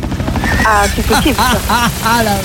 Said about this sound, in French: moi j'ai un hélico. C'est quand même vachement plus sympa. Hein. Hélico, ah ouais, c'est quand même mieux l'hélico, tu préfères venir avec moi.